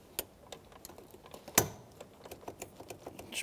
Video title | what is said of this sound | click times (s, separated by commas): How to Replace Fuel Pump Module Assembly 2011-2016 Hyundai Elantra | I'm going to reconnect our hoses it's just as simple as push them back on until you hear a click | 0.2 s, 1.6 s